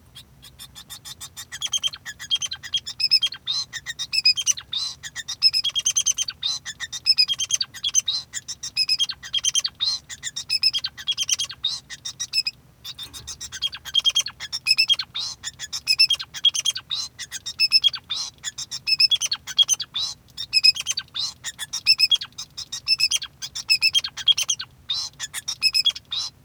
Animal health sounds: song of a male Bengalese finch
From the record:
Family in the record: son of father 2

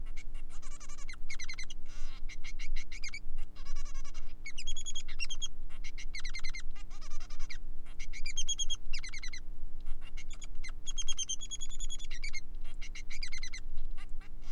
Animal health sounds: song of a male Bengalese finch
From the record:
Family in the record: son of father 3

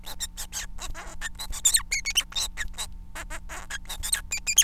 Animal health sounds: song of a male Bengalese finch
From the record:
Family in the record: son of father 4

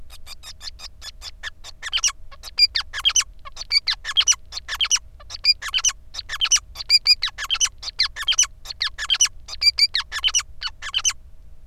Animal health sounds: song of a male Bengalese finch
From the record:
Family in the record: son of father 5

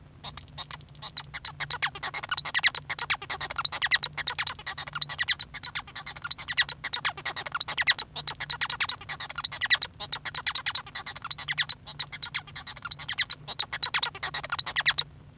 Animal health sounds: song of a male Bengalese finch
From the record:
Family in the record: son of father 1

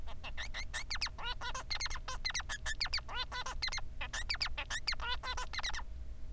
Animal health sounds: song of a male Bengalese finch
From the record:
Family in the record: son of father 3

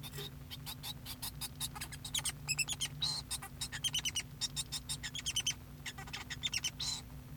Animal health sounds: song of a male Bengalese finch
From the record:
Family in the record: son of father 2

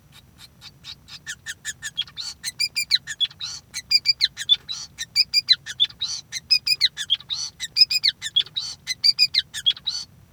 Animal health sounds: song of a male Bengalese finch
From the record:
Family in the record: son of father 5

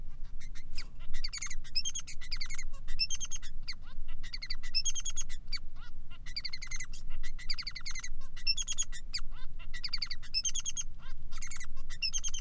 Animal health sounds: song of a male Bengalese finch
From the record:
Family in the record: son of father 3

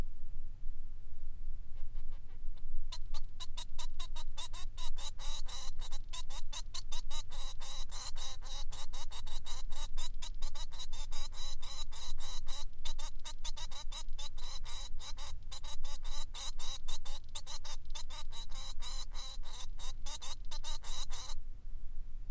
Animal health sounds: song of a male Bengalese finch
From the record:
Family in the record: son of father 3

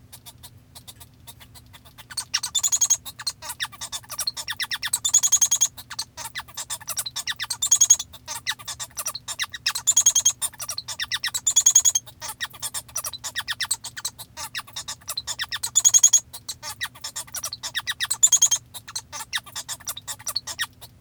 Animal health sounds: song of a male Bengalese finch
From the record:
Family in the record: father 1

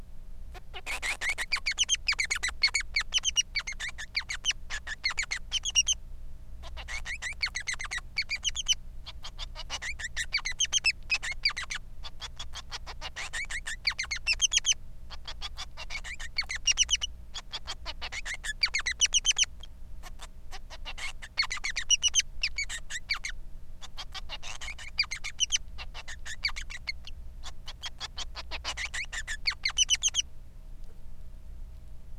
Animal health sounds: song of a male Bengalese finch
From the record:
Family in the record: son of father 3

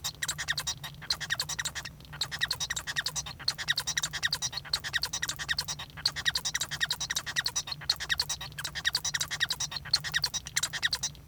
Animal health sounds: song of a male Bengalese finch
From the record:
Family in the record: son of father 1

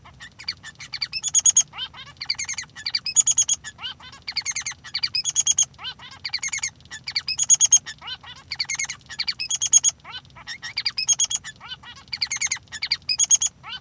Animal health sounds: song of a male Bengalese finch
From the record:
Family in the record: son of father 3

